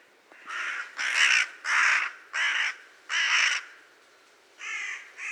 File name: Corvus corone